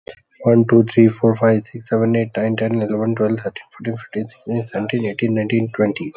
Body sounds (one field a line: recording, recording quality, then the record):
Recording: counting at a normal pace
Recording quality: excellent, no background noise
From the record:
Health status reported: healthy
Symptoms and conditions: none ticked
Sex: male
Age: 29 years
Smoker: not ticked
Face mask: not worn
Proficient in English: yes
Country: India